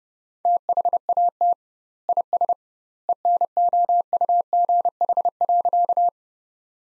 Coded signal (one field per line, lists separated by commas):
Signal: Morse code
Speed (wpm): 30 wpm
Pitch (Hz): 700 Hz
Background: none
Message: THAT IS ENOUGH.